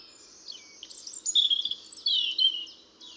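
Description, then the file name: European robin song phrase, a quick run of thin, high, sparkling notes that dip and rise, with a soft low hum in the background. "Erithacus rubecula"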